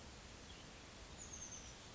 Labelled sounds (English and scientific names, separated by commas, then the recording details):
Oak Titmouse (Baeolophus inornatus)
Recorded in Sonoma County, California